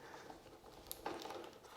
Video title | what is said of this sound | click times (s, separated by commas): How to EASILY assemble the NordicTrack Commercial 1750 Treadmill... | Oh, that's a bit quiet, that one, but there was a click. | 0.9 s